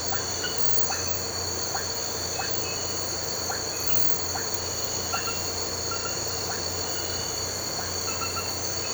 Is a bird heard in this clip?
no